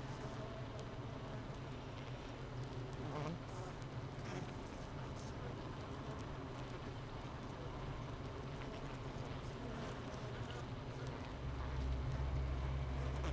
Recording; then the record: honeybee colony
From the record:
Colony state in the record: missing queen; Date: 31 May 2018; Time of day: 7:51